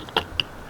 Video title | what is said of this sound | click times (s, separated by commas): MY NEW DAILY ALREADY HAS ISSUES + CIVIC UPDATE! | so this guy is just going to snap right in here | 0.2 s, 0.4 s